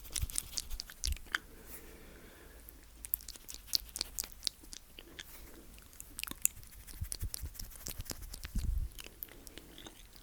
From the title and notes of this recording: ASMR Slow Mouth Sounds That Will Make You Tingle.